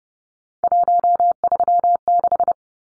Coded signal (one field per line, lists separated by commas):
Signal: Morse code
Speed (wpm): 30 wpm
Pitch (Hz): 700 Hz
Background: none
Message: 136